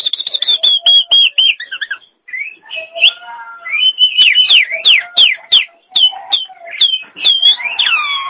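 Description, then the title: Nias hill myna song: quick descending whistled trills, then sharp clicks and bold looping whistles, with some low nasal tones mixed in. "Jalak Nias"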